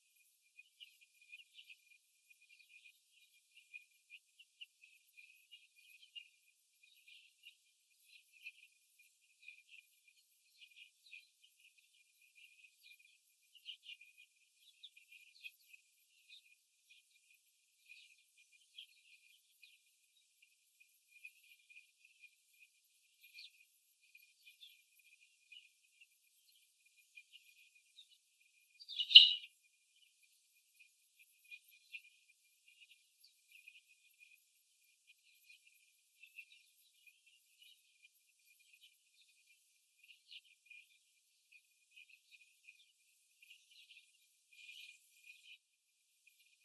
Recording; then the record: young laying hens in a cage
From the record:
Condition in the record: after the stressor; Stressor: simulated dog barking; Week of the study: 3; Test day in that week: 2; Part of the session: 4